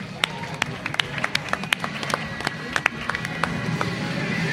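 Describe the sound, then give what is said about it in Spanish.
Scattered, uneven clapping from a small audience for quiz contestants who answered correctly, sharp individual claps popping out irregularly over a low murmur of background voices, never building into a full roar. “Bueno, un aplauso para ellos, que son los que la han acertado.”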